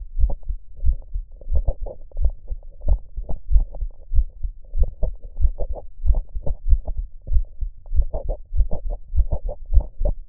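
Low, thudding heartbeats heard at the cardiac apex of an adult repeat at roughly 95 a minute, with the paired lub-dub sounds only moderately even. A softer mid-pitched whooshing sound runs over and between many of the beats.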